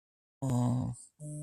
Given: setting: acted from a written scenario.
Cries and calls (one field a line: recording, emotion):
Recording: vocal sound without words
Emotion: fear